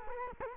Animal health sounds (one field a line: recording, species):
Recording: mosquito wingbeat signal from an infrared sensor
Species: Culex quinquefasciatus